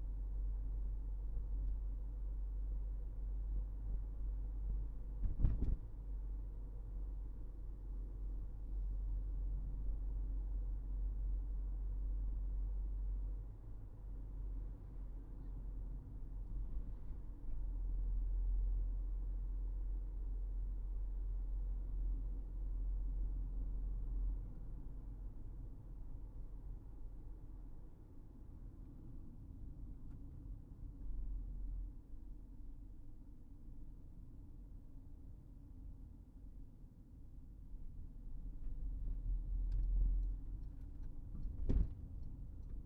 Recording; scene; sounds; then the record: everyday scene through a hearing-aid microphone; in a vehicle; engine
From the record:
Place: Berlingo II, diesel engine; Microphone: behind the ear, right, rear